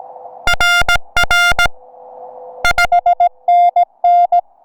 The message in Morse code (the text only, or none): RR SNN